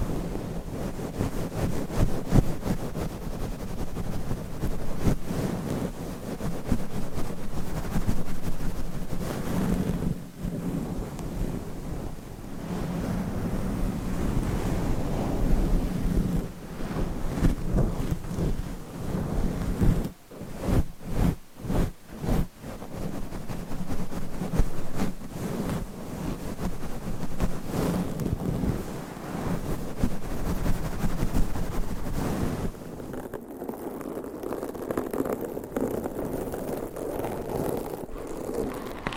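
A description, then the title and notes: Rough microphone scratching and rubbing runs continuously, dense and rumbling, with a burst of rapid scrapes around twenty seconds and duller patches near the end. Mic Scratching Battle with 100 Different MICS ! Bare VS Foam VS Fluffy Covers. No Talking.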